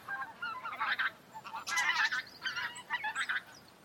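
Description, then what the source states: Taiga bean goose calls, a quick run of nasal honks and cackles that overlap, building to a louder burst midway, then softer repeated honks. Several taiga bean geese.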